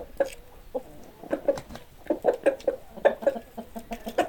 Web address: hobokenchicken animals chickens